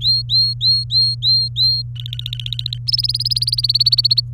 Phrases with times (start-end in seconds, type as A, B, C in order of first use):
0.01-1.82 A, 1.96-2.78 B, 2.87-4.21 C